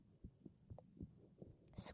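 An adult's heartbeat heard through a stethoscope, with a burst of broadband rustling at the end.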